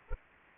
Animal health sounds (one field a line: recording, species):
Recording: mosquito wingbeat signal from an infrared sensor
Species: Anopheles arabiensis